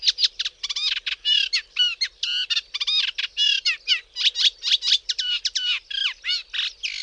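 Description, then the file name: Reed warbler song, a fast, jerky chatter of grating and clicking notes, running continuously with no pause. "TRZCINNICZEK"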